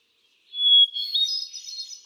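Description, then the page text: Hermit thrush song: a long clear whistle followed by a high, airy spiral of rapid ringing notes. Male singing, cycling through a repertoire of about ten different songs; recorded 13 June 2006 at Quabbin Park, Ware, Massachusetts. "Birdsong for the Curious Naturalist. Hermit thrush"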